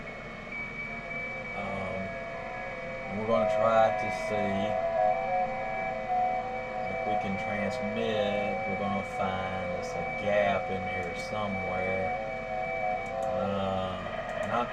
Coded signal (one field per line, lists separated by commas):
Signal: FT8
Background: speech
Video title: Saturday Night #ft8 #qrp #hamradio